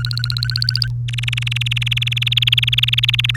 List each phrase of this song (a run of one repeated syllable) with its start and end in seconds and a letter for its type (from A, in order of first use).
0.00-0.87 A, 1.08-3.31 B, 3.34-3.37 C